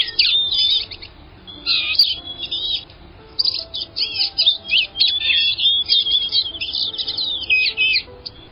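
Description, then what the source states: Blue-gray Gnatcatcher giving thin, scratchy, high-pitched buzzy notes in rapid irregular bursts, pausing briefly between phrases. Scratchy but intense calls and songs that help this small bird draw attention to itself.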